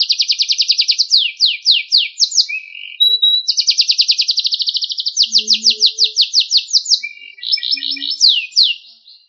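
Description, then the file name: Canary song of high rolling trills, each tour of repeated slurred notes changing speed, with a brief pure whistle and short buzzy phrases between. Sekar Jagad variety of canary. "kenari sekar jagad"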